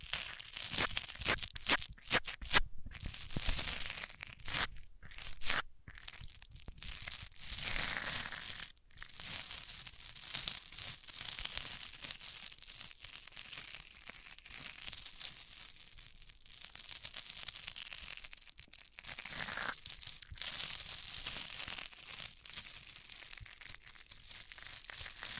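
Microphones are rubbed against different surfaces, making dense scraping, crinkling and tearing noises that are mostly bright and hissy with some low rumble. The texture shifts constantly, broken by brief silent gaps near 3, 5, 6 and 9 seconds, with louder bursts early on.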